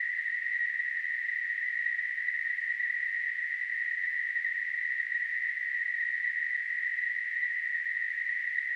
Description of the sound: Tinnitus.